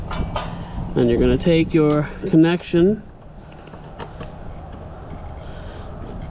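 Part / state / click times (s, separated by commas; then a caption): wiring harness connector into RV water heater control board / not seated / none. Someone talks for the first three seconds while a wiring harness connector is pushed into an RV water heater control board, followed by quiet background noise with only faint, soft ticks. Nothing clicks or seats audibly, though the connector appears to fit well.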